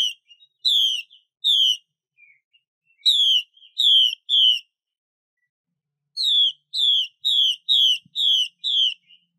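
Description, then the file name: Chinese hwamei singing loud, downward-slurred whistled notes, first in pairs and triplets, then a longer run of several rapid notes near the end. Female bird. "Tieng chim hoa mi mai xuy"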